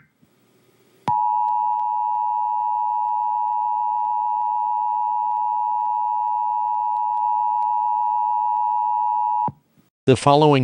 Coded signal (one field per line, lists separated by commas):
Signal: Emergency Alert System (SAME) tones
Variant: 853 and 960 Hz attention tone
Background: speech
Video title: EAS Scenario: Donald Trump Rampage (Part 2)